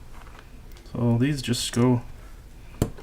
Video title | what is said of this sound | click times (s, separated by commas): Fanoe with Holy GSUS and backlight build stream | just pop in so | 2.8 s